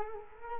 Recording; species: mosquito wingbeat signal from an infrared sensor; Culex quinquefasciatus